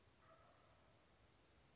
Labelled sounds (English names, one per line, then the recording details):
Wild Turkey
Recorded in Sonoma County, California